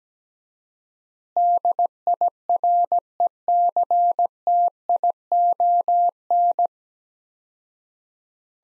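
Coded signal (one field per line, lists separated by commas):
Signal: Morse code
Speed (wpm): 17 wpm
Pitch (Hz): 700 Hz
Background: none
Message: DIRECTION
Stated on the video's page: Morse practice set of four-word phrases at 17 wpm with 4x word spacing, similar to Farnsworth method; each set is followed by spoken version.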